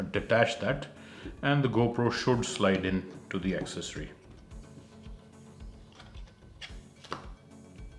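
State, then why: Seated. A crisp double snap at 7.1 s marks the camera seating firmly into its frame.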